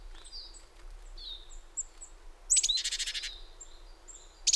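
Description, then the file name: Great tit calls: a few faint high downslurred whistles, then a loud burst of rapid buzzy, chattering notes lasting under a second, with a short buzzy repeat at the end. "Parus major"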